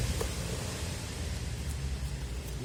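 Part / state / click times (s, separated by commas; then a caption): interior trim piece into car interior panel / not seated / none. A comfort-set interior trim piece for a Megane 4 Joy is pressed against a car interior panel, and steady broadband noise with low rumble runs throughout. There are no distinct clicks: the piece does not seat, so nothing has clicked into place yet.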